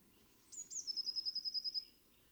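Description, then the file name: Eurasian blue tit song phrase: one or two thin high introductory notes, then a steady rapid trill of about nine clear notes lasting about a second. "Cyanistes caeruleus"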